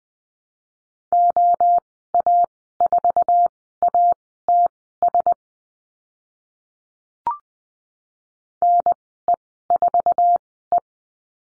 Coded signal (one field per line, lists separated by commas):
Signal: Morse code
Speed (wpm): 20 wpm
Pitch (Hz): 700 Hz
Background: none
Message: OA4ATS NE4E